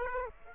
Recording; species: mosquito wingbeat signal from an infrared sensor; Aedes aegypti